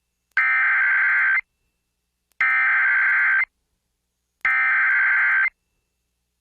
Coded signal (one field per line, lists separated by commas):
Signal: Emergency Alert System (SAME) tones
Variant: header bursts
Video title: HOORAY FOR MORE BACKLOGGED ALERTS! | EAS Alerts from 6/8/2022 (EAS #1341-1345)